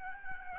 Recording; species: mosquito wingbeat signal from an infrared sensor; Aedes albopictus